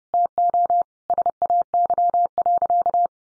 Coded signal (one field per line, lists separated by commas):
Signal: Morse code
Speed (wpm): 30 wpm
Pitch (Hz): 700 Hz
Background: none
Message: TO SAY.